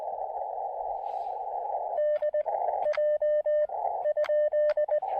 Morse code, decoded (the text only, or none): DJ ?